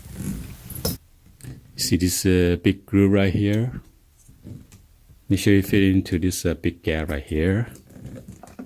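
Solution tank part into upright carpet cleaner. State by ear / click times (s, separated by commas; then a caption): not seated / none. A plastic solution-tank part is handled and lined up with a large groove on a Hoover Basic Power Scrub Deluxe upright carpet cleaner while someone talks. Brief plastic knocks and handling noises are heard near the start, around 0.7 to 0.9 s. Nothing has seated or clicked yet; the part is meant to be twisted until it clicks and locks.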